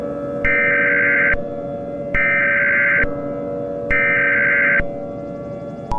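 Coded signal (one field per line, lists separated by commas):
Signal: Emergency Alert System (SAME) tones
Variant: header bursts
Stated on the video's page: Simulated EAS scenario, a Fourth of July special.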